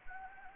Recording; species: mosquito wingbeat signal from an infrared sensor; Anopheles gambiae